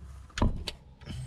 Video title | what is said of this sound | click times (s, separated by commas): How To Change The Engine Oil In Audi A3 At Home | Right, so when you hear that click sound, that means it is tight enough. | 0.4 s